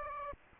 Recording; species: mosquito wingbeat signal from an infrared sensor; Aedes aegypti